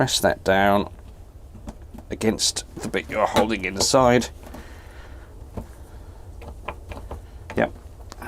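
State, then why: Seated. While refurbishing a plastic Thetford C200 portable toilet cassette, a plastic part is pressed down into the cassette housing against a piece held on the inside as someone talks. It snaps and clicks into place at 7.5 s, followed by a few small handling knocks.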